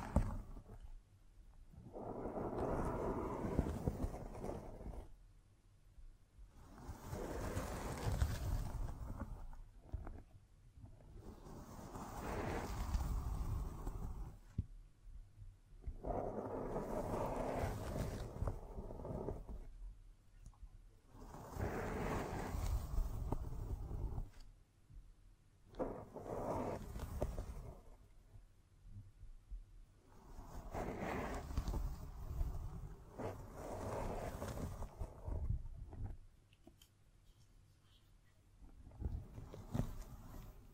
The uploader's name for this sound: Triggers Scratching, Tracing, Tapping